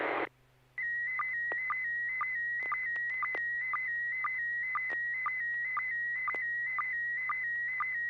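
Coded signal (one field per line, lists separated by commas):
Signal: SSTV (slow-scan television)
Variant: PD 120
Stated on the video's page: SSTV net on a 441.30 MHz FM repeater.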